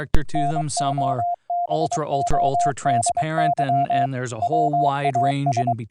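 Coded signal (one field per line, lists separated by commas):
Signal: Morse code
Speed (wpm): 23 wpm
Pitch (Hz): 700 Hz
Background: speech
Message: NOBODY WAS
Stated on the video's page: CW sent over a VLF 12 kHz AM-modulated transmitter and receiver, routed over IP with a modified Python script; live demo.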